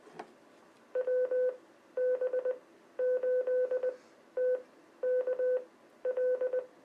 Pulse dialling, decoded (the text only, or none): none